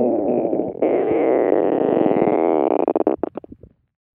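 A drawn-out, gurgling growl of about four seconds rises, wavers and ends in a run of short bubbling pops. It is a stomach rumble, a normal bowel sound made by air moving through the intestines, often a sign of hunger.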